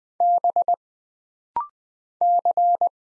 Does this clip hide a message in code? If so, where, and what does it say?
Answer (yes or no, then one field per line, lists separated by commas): yes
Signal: Morse code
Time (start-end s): 0.2-2.9 s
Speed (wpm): 20 wpm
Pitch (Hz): 700 Hz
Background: none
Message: B C